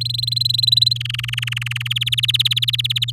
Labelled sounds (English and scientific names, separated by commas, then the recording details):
Domestic Canary (Serinus canaria) song
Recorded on 9 May 2018 at 06:32
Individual llb16